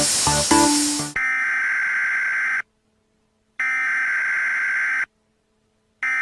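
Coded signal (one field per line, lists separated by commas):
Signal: Emergency Alert System (SAME) tones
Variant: header bursts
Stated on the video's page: Fictional Emergency Alert System alert; simulated, not a real broadcast.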